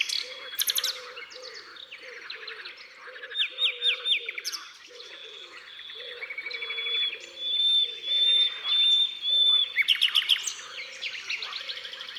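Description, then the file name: Common nightingale song mixing quick repeated notes, a long thin level whistle and sudden high bursts, above a low note repeated about every second. Drôme, France. "Rossignol philomele Concerts Naturels de la Drome Studio les Trois Becs"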